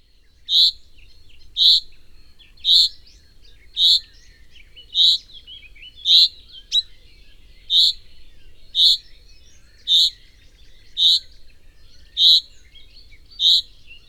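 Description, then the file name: Common chaffinch giving short, bright single call notes, repeated about once a second in a steady series, with faint softer bird sounds in between. "Fringilla coelebs"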